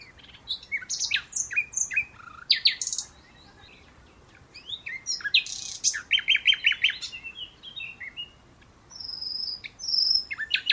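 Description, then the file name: Common nightingale song, almost continuous: rich mix of whistles, rapid repeated notes and trills, with brief pauses and high piping notes near the end. "Luscinia megarhynchos"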